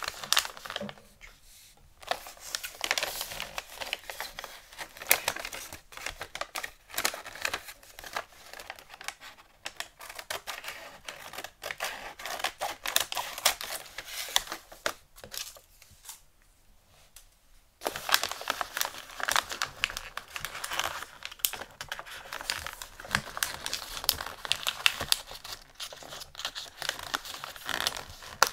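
Gift wrapping paper crinkles and rustles in dense, bright bursts throughout, with brief pauses near two seconds and a longer quiet stretch around sixteen seconds.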